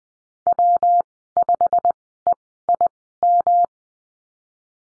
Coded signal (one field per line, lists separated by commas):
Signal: Morse code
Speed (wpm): 20 wpm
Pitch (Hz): 700 Hz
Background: none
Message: W5EIM